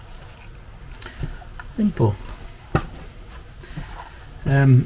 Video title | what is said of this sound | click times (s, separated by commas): Sainsmart Genmitsu 4th Axis Rotary for the 4040 Pro and offline controller unboxing | and then that will click into the control box | 1.1 s, 1.6 s